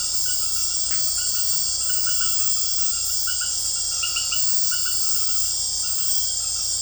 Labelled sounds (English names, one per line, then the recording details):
none
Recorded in dense forest near Puerto Asís, Putumayo, Colombia, on 21 February 2024 at 01:30
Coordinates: 0.487, -76.319
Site G6403